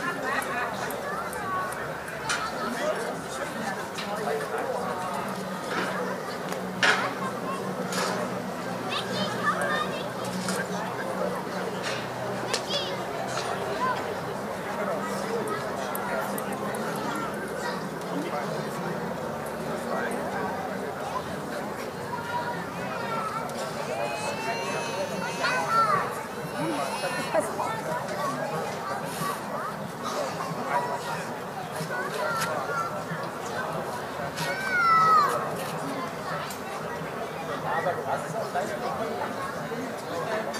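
A summer evening in Berlin: voices talk and murmur over one another at a steady level throughout, with a soft low rumble beneath. Brief clicks and knocks break through now and then, and a short rising whistle stands out near the 35-second mark.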